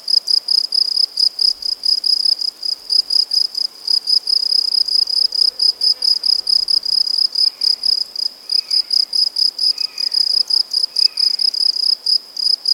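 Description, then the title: Crickets keep up dense, rapid high chirping throughout, with several short, faint calls appearing in the second half. Crickets at Buoux, Vaucluse, France, in May 2007. "Sylvain Jaskowiak - Animus. Grillons, Divers Insectes Et Oiseaux - Buoux, Vaucluse - mai 2007"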